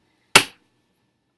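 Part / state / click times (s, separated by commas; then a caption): activator plunger of an ELISA snap test device / seated / 0.4 s. The activator plunger on a plastic ELISA snap test device is pressed down once the sample wicks to the blue activation circle. A single sharp, loud snap is heard at 0.4 s, then a brief decay into silence. The plunger snaps down and seats.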